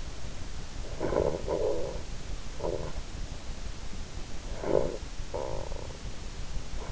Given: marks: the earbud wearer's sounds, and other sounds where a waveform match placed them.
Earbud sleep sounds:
sounds in sleep by an in-ear microphone; snoring breath
0.74-3.34 s: snoring breath
4.41-6.27 s: snoring breath

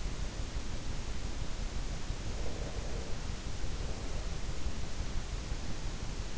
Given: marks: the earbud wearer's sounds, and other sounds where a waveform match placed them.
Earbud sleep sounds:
sounds in sleep by an in-ear microphone; breath
1.87-4.55 s: breath

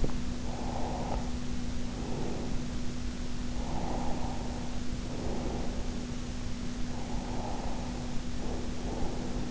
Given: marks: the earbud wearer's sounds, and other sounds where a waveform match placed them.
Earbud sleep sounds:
sounds in sleep by an in-ear microphone; breath
0.31-2.83 s: breath
3.23-6.14 s: breath
6.54-9.51 s: breath

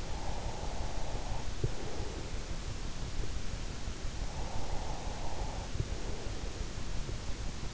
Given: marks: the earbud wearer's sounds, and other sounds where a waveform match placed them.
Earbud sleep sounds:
sounds in sleep by an in-ear microphone; breath
0.00-2.51 s: breath
4.29-7.03 s: breath

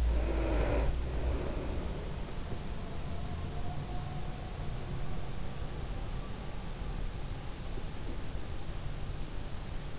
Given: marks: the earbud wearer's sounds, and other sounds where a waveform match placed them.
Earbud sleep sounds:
sounds in sleep by an in-ear microphone; breath
0.00-2.32 s: breath

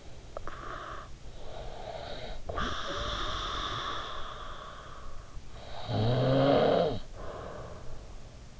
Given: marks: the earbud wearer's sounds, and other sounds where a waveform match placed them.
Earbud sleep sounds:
sounds in sleep by an in-ear microphone; breath, snoring breath
0.19-5.40 s: breath
5.63-8.60 s: snoring breath

